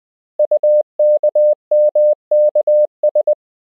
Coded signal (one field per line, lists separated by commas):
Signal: Morse code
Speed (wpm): 20 wpm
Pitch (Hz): 600 Hz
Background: none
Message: UKMKS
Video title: Morse Code — Koch Method Lesson 4 (KMRSU)